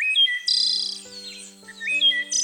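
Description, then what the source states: Wood Thrush song: clear, fluting whistled phrases followed by high, wavering trills, repeated twice, over soft, held musical tones. Flute-like, wavering, clear song echoing through interior forests near the Niagara Escarpment; locally significant bird whose song many consider among the most beautiful in North America.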